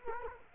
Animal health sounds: mosquito wingbeat signal from an infrared sensor; Culex quinquefasciatus

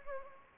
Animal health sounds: mosquito wingbeat signal from an infrared sensor; Anopheles gambiae

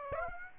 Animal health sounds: mosquito wingbeat signal from an infrared sensor; Aedes aegypti

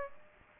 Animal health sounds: mosquito wingbeat signal from an infrared sensor; Aedes aegypti

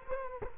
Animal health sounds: mosquito wingbeat signal from an infrared sensor; Culex quinquefasciatus

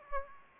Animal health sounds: mosquito wingbeat signal from an infrared sensor; Aedes aegypti

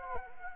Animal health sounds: mosquito wingbeat signal from an infrared sensor; Anopheles arabiensis

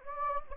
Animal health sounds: mosquito wingbeat signal from an infrared sensor; Anopheles gambiae

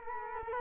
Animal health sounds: mosquito wingbeat signal from an infrared sensor; Culex quinquefasciatus

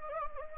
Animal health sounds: mosquito wingbeat signal from an infrared sensor; Anopheles gambiae

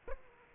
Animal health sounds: mosquito wingbeat signal from an infrared sensor; Aedes aegypti

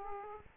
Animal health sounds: mosquito wingbeat signal from an infrared sensor; Aedes aegypti

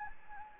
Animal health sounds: mosquito wingbeat signal from an infrared sensor; Anopheles gambiae

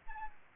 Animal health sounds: mosquito wingbeat signal from an infrared sensor; Aedes albopictus

